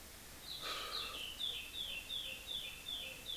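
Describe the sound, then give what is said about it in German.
A bird sings a steady series of short, high-pitched chirps, repeated evenly about twice a second, over a soft background hiss, with a brief slurred note near the start. “Und die Vögel interessiert das alle nicht. Pfeifen trotzdem.”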